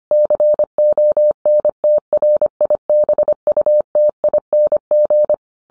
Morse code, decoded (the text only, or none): CONTRIBUTING